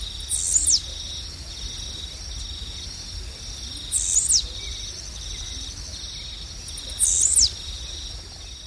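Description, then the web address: Blue-black Grassquit giving short, high buzzy calls that slide downward, three times about every three seconds, over a steady drone of insects. Recorded in the eastern lowlands of South America. "Natures Songs S America Eastern Lowlands. Blue-black Grassquit"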